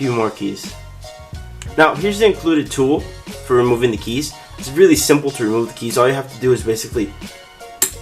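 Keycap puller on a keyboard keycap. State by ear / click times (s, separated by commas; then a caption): seated / 7.8 s. Someone talks while the included wire keycap-removal tool is slid down over a keycap on a Corsair Strafe Cherry MX Red mechanical gaming keyboard. A sharp click at 7.8 s marks the tool gripping the keycap, seated and ready to pull.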